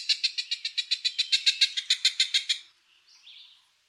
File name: Coopers hawk